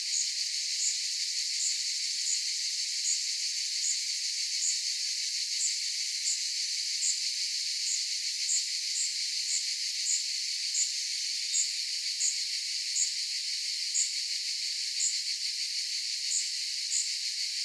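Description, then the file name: Cicadas in a dense, steady high buzzing chorus, with short bright pulses ticking above it throughout. "Cicadas wide"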